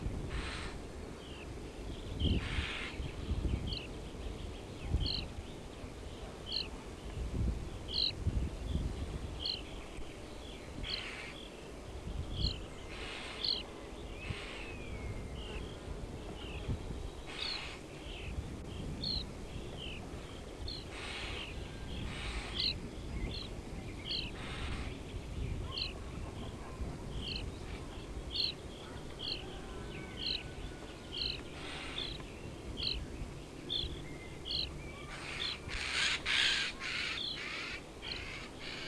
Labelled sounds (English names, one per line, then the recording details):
European Starling
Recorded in the wild
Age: adult
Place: Horscha, Sachsen, DE
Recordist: Meyer, Hugo
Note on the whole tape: Horscha Grünspechtbrutplatz warnend, füttern. Star ahmt Pirol nach, singt und pfeift Kuckuck